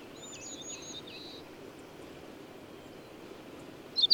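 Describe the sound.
Bird song: a brief run of high whistled, sliding notes at the start, quiet hiss, then a sudden sharp chirp at the very end.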